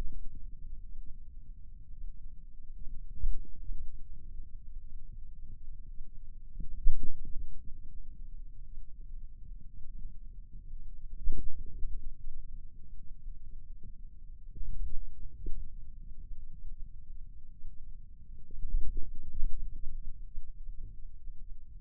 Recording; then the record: forearm muscle sounds (acoustic myography)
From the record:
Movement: ulnar deviation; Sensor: system 2, bracelet of six BSWA MPA416 microphones around the upper forearm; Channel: 2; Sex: male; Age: 22 years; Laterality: right